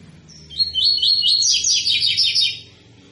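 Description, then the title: Double-collared seedeater singing one fast, rolling trilled phrase of about two seconds, high and chattering, over a faint low hum. Tui-tui song style of a 'fibra' bird, used as a tutor song for teaching young birds. "COLEIRO TUI TUI FIBRA CANTO PROFESSOR"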